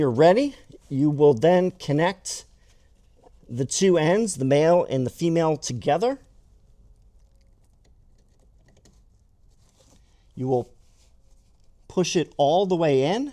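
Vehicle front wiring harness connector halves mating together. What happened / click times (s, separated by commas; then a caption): Connector halves lined up before pushing, no seating click yet / none. Someone talks while the male and female halves of a plastic front wiring harness connector on a Fisker Ocean are brought together and lined up before being pushed fully home. Only a few faint, small handling ticks are heard between about 7.4 and 9.7 seconds in a quiet pause between the talking. Nothing has clicked or seated yet.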